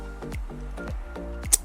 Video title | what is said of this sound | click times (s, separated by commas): HELM KYT KYOTO VS MIRIP KYT KYOTO - SEGITIGA HELM LAMPUNG | Oh, harus bunyi klik. Tuh. | 1.5 s